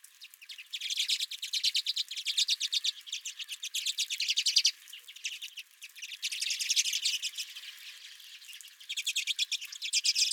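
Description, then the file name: Redpolls calling in quick chattering runs, each lasting a few seconds and separated by brief lulls. Several redpolls at a home feeder. "Redpolls at My Feeder"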